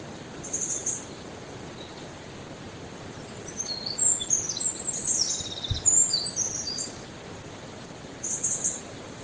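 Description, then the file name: Eurasian wren uttering short, high, rapid note groups, a brief burst early, a longer run in the middle and another near the end, with a soft thump and background hiss. "Troglodytes troglodytes"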